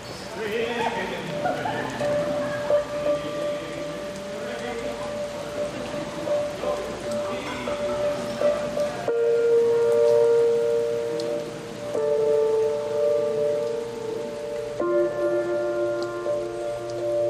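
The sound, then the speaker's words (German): Rain that has just started falling patters steadily on hard surfaces in a dense, even hiss, joined midway by sustained tonal notes that swell and shift while the rainfall continues underneath. “Aber es hat gerade angefangen zu regnen.”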